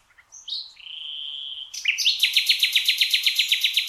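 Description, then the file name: Common nightingale song: a drawn-out whistled note sliding down, then a loud fast train of repeated, evenly spaced harsh notes running to the end. "Luscinia megarhynchos"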